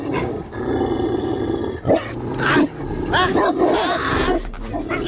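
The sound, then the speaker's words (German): A person imitates dogs to call their own dogs, making loud, rough barks and growls in a steady, overlapping stream for about five seconds, with rising and falling yelps mixed into the snarling. “Ich belle. Meine Hunde kommen.”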